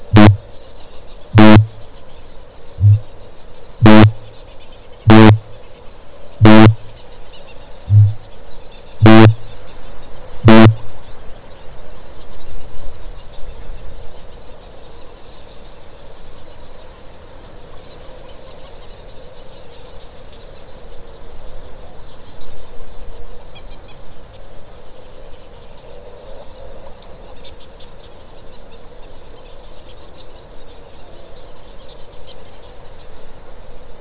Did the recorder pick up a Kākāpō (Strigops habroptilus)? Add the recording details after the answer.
yes. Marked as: faintness 1/5. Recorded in New Zealand. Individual Stumpy